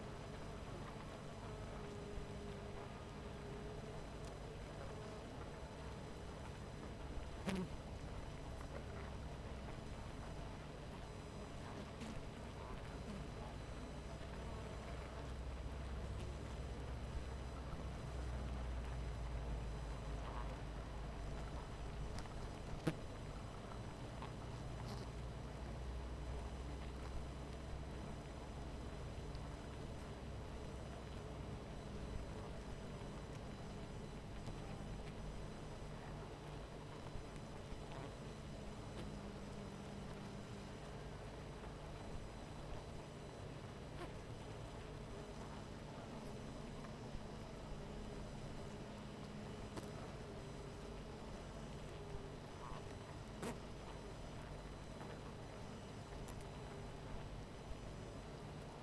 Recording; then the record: honeybee colony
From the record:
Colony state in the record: missing queen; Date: 14 July 2017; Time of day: 18:21